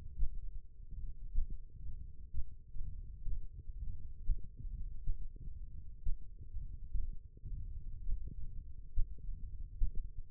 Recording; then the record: forearm muscle sounds (acoustic myography)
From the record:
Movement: finger pinch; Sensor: system 1, eight BSWA MPA416 microphones around the upper forearm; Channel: 2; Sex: male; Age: 21 years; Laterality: right